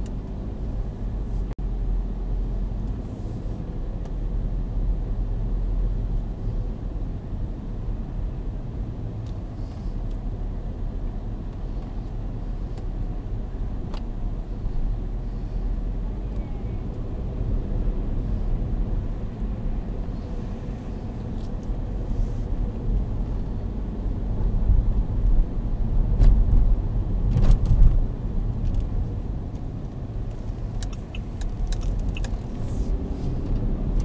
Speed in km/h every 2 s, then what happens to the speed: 10, 14, 17, 14, 11, 11, 10, 11, 16, 22, 25, 27, 28, 25, 17, 10, 14.
0-3 speeds up to 17. 13-22 speeds up to 27. 26-29 brakes to 10.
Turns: 26-34.